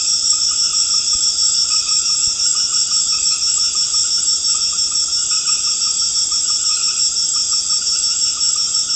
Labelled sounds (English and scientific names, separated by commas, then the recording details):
none
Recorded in secondary vegetation near Puerto Asís, Putumayo, Colombia, on 21 March 2025 at 19:00
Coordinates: 0.485, -76.322
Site G040